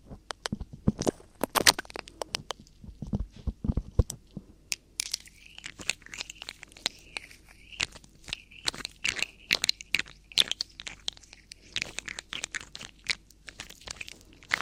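Ear cleaning sounds: dense, irregular crunchy crackles and scratches throughout, with a bright rubbing whine from about five seconds onward.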